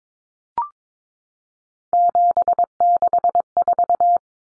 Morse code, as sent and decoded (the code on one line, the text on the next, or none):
--... -.... ....-
764